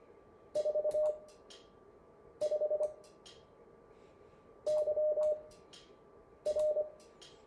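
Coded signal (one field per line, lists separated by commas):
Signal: Morse code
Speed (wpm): 26 wpm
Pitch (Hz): 610 Hz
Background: none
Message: 45 YR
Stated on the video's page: Morse code make-up class session.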